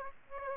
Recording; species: mosquito wingbeat signal from an infrared sensor; Aedes aegypti